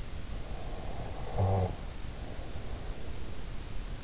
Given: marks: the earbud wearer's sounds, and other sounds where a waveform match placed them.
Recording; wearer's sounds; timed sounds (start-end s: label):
sounds in sleep by an in-ear microphone; snoring breath
0.45-3.41 s: snoring breath